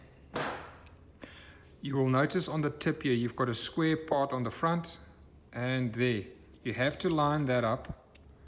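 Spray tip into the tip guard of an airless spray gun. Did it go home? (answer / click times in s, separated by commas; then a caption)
no / none. A reversible spray tip with a square front is lined up to be pushed into the tip guard of a Graco Contractor airless paint spray gun while someone talks, with brief handling knocks around 0.4, 1.2 and 8.2 seconds. The clip ends before the tip goes home, so nothing has seated or clicked yet.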